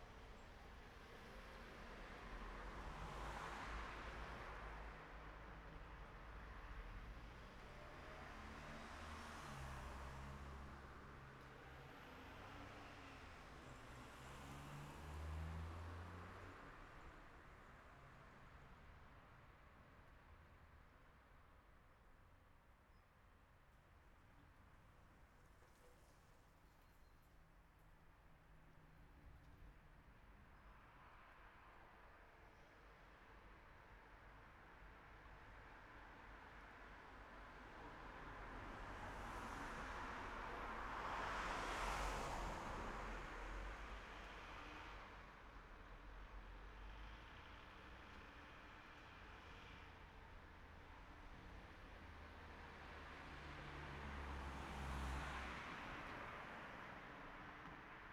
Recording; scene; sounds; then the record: everyday scene through a hearing-aid microphone; in traffic; traffic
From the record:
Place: city secondary road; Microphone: behind the ear, right, front